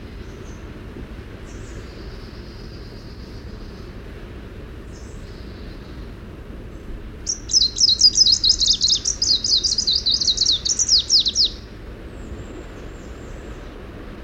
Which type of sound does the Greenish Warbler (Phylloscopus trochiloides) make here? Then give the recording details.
song. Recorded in the wild. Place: Sassnitz, Insel Rügen, Mecklenburg-Vorpommern, DE. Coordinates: 54.565, 13.615. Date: 1978-06-15. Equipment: Nagra III BH, Sennheiser MD 21, parabola. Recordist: Schubert, Michael